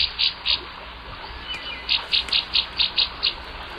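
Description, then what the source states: Northern Rough-winged Swallow calls: short, harsh, buzzy notes, two early ones, then a quick run of about seven after a pause. Played as the mystery bird in a radio contest; small long-winged songbird; feeds by catching insects in flight, often close to the ground or the water surface.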